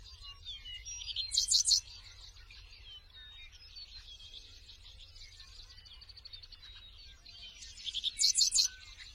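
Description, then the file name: Seedeater song, a continuous run of high warbled twitters with two louder bursts of higher notes, one near the start and one near the end. "Canto do papa capim americano"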